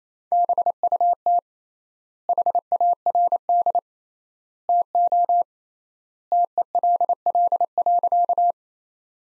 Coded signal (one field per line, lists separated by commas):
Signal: Morse code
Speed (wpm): 28 wpm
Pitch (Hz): 700 Hz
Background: none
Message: BUT HARD TO TELL.